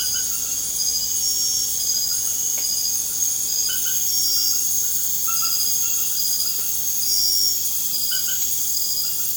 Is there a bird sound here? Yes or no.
no